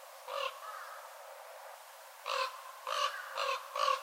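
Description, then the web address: Northern raven gives one rasping caw, then after a long silence four quick harsh caws in succession. "watarigarasu"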